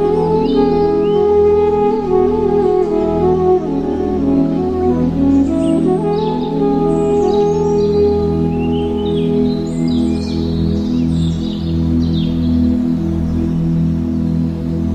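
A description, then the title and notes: A flute plays sustained, gently wavering notes over a steady low drone, forming a slow, continuous melody for the whole stretch. High, quick bird chirps flicker above it in scattered bursts, busiest around the middle and later part, with constant soft outdoor ambience underneath. Relaxing flute music with forest sounds.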